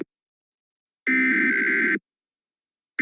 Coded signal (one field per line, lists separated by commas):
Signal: Emergency Alert System (SAME) tones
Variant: header bursts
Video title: EAS Scenario : Not So New Years Week